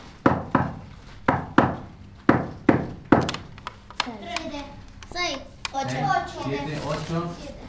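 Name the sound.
knocking on a door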